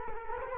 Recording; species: mosquito wingbeat signal from an infrared sensor; Culex quinquefasciatus